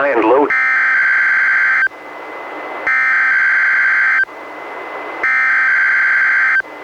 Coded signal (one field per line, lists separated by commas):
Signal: Emergency Alert System (SAME) tones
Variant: header bursts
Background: speech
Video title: EAS #367-372: 6 NWR Required Weekly Tests- Jan. 22-Feb. 26, 2020